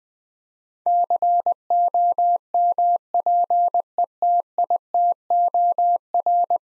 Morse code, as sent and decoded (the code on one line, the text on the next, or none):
-.-. --- -- .--. . - .. - --- .-.
COMPETITOR